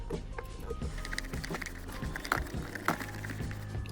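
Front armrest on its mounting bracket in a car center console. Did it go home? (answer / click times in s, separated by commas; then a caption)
no / none. The driver's front armrest of an Alfa Romeo Giulietta is slid back onto its mounting bracket in the center console, over the spring, and pushed all the way up, expecting a small click when it seats. Brief sharp knocks and rattles are heard over a steady low hum and faint tones, the loudest near 2.3 s and 2.9 s. Nothing has seated or clicked yet; the armrest still needs a little help to line up.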